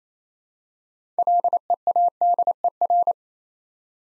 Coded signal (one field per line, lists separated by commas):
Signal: Morse code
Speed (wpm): 27 wpm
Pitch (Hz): 700 Hz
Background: none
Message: LEADER